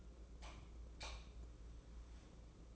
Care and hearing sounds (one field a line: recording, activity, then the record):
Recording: daily activity, microphone in the room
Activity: light off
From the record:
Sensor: 1